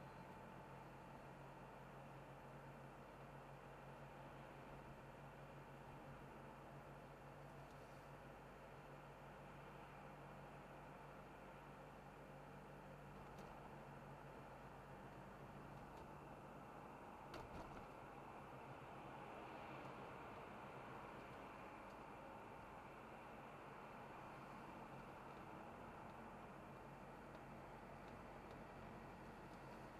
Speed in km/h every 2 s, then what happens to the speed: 50, 51, 52, 52, 52, 52, 52, 53, 53, 53, 52, 53, 48, 46, 48.
0-30 steady at about 52.